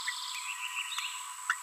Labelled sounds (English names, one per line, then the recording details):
Green-rumped Parrotlet babbling
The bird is a female
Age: 24 days
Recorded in a nest box in Venezuela
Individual 17B42B1